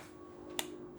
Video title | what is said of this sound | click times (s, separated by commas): Clockwork uConsole with CM5 and eMMC | Well, it clicked and it felt | 0.6 s